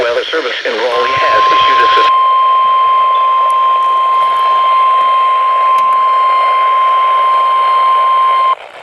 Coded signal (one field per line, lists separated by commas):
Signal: Emergency Alert System (SAME) tones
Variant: 1050 Hz attention tone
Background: speech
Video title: YOU FORGOT SOMETHING... EAS Alerts from 8/20/19 (EAS #3,232 & 3,233)